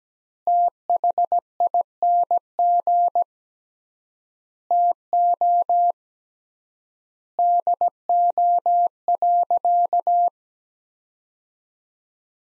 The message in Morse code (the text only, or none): THING TO DO.